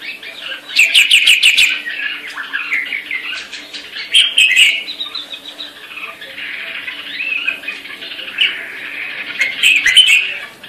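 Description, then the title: Grey-cheeked bulbul chattering harshly in repeated rapid bursts, interspersed with squeaky whistled notes, over a faint steady low hum. Female bird. "Cucak Jenggot Betina"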